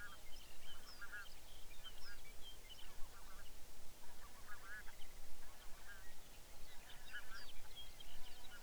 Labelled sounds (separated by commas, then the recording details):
songbird, waterfowl
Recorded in the Arctic National Wildlife Refuge, Alaska, on 23 May 2019 at 05:45
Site 49